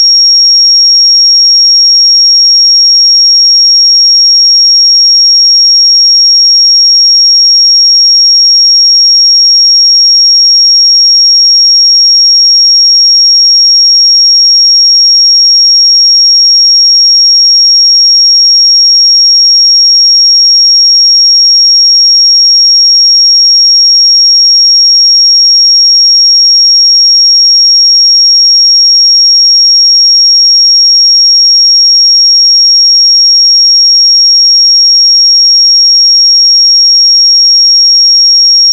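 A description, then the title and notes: A pure sine tone sits at 5578 Hz, thin and bright, holding one unchanging pitch from start to finish. Its level stays perfectly even across the whole forty seconds, with no breaks, wavering or other sounds behind it. 5578 Hz 1 Hz Interval Sine Pure Tone Frequency 441000 Sample Mono.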